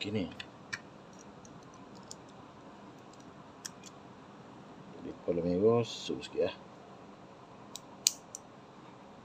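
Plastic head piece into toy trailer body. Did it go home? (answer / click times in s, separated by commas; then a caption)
yes / 8.1 s. A red plastic head piece is pushed into the body of a Blokees GVD 05 toy brick trailer while someone talks and faint light clicks are heard. One sharp snap comes at 8.1 s, and the piece is seated.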